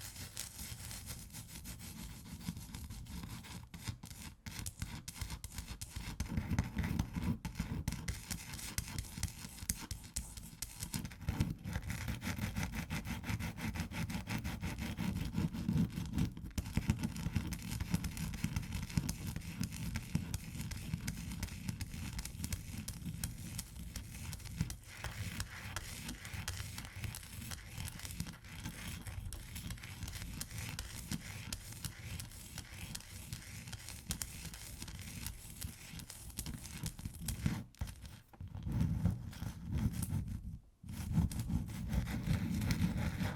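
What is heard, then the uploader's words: Ice is scratched and tapped in a dense, nearly continuous grinding rasp, heavy in the low end with a gritty upper hiss. The scraping holds steady throughout, broken by brief pauses just before forty seconds before resuming. ASMR Ice Tapping & Scratching (No Talking).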